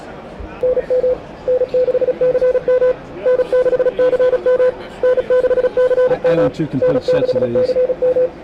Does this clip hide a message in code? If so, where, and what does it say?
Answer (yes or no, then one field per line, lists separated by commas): yes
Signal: Morse code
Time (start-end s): 0.6-8.3 s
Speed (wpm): 35 wpm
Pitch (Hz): 500 Hz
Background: speech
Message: NM N6CM N6CM N6CM N6CM